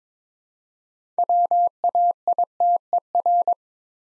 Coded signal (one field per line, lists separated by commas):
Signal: Morse code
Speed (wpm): 22 wpm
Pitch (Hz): 700 Hz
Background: none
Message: WAITER